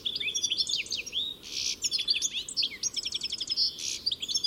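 Bird calls in quick succession: high chirps, short trills and a couple of buzzy notes packed into a few seconds.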